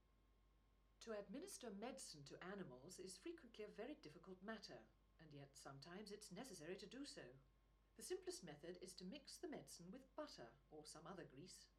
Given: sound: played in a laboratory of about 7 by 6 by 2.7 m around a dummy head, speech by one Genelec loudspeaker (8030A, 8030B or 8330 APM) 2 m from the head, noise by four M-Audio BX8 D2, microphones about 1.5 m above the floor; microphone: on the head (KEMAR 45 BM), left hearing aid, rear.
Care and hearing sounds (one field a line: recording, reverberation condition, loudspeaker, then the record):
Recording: female speech in English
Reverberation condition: low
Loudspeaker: 90 degrees to the left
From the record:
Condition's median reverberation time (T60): about 310 ms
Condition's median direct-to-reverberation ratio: about 3.5 dB